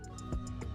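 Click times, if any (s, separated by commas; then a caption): none. A green wire terminal coming through the firewall of a Honda Del Sol, during an automatic-to-manual swap, is pushed toward the middle cavity of a wiring harness connector housing. A steady tonal, music-like background with regular soft high ticks runs throughout, with a brief rise in sound around 0.2 seconds. Nothing has seated or clicked yet.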